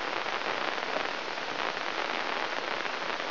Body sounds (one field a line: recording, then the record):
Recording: brain microelectrode recording played as sound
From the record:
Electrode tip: inside the subthalamic nucleus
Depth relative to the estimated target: -1 mm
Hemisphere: left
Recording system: AlphaMap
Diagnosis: Parkinson's disease